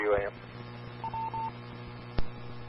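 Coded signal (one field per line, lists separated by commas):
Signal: none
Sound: repeater courtesy tone beeps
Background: speech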